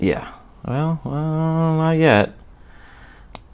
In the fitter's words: There it goes. Okay. It actually made a snap sound. Okay, cool.